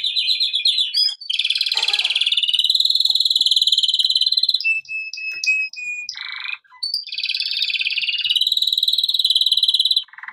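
Canary song, long rolling trills and buzzy rattles around high pitch, with brief whistled notes and slurred syllables, almost continuous for ten seconds.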